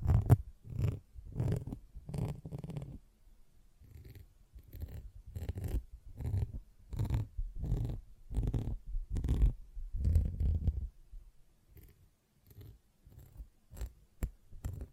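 Sponge squishing and scratching in repeated short strokes, each a soft low rub with bright crackly edges, pausing briefly around twelve seconds.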